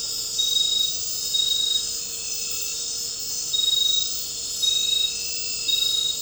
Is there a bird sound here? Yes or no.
no